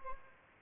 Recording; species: mosquito wingbeat signal from an infrared sensor; Aedes albopictus